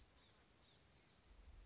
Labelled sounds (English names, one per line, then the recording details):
Blue-gray Gnatcatcher
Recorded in Sonoma County, California